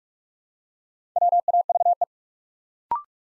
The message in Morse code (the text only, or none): WAVE